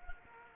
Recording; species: mosquito wingbeat signal from an infrared sensor; Culex quinquefasciatus